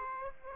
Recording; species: mosquito wingbeat signal from an infrared sensor; Aedes aegypti